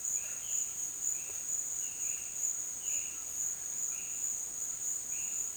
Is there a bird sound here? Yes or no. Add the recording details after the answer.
no. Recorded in dense forest near Puerto Asís, Putumayo, Colombia, on 29 June 2025 at 12:30. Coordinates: 0.484, -76.325. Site H65